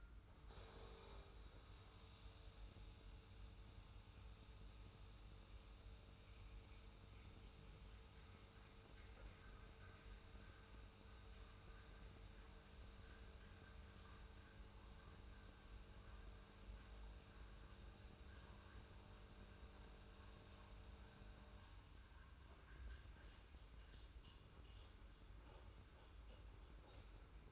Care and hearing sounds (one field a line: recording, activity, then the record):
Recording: daily activity, microphone in the room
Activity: make coffee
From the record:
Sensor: 2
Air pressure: 990.7 hPa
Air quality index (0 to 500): 159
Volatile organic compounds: 643 ppm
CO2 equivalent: 4985 ppm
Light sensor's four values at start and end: 25/59/24/24 and 25/58/24/24